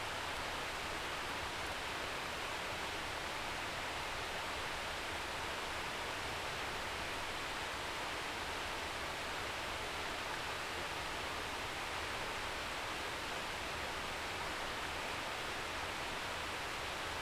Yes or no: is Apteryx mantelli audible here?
no